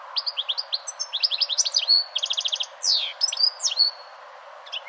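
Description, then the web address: European goldfinch singing fast jingling notes, a quick run of repeated clicks, then sweeping downslurred and whistled notes before trailing off. "2010 05 chardonneret"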